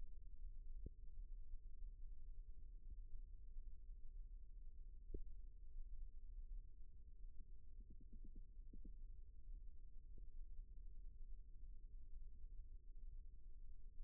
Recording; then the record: forearm muscle sounds (acoustic myography)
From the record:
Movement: rest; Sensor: system 1, eight BSWA MPA416 microphones around the upper forearm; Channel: 8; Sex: female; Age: 22 years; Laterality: right